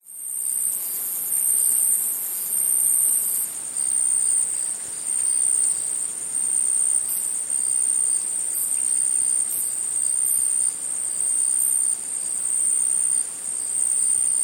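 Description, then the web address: Insects calling with a constant piercing high whine, strong bursts early on, then several short sharp accents over a pulsing chorus. Tropical insects; tropical forest or jungle setting. "Tom Hutchings Insects Tropical"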